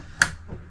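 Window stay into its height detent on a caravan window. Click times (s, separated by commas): 0.2 s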